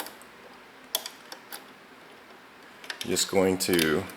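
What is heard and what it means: The rudder pushrod linkage of a 1:12 scale British X Craft RC model submarine is being handled and pushed toward its control horn, producing a few faint ticks and handling noises over a quiet background before someone starts talking near the end. Nothing has snapped together or seated yet when the clip ends.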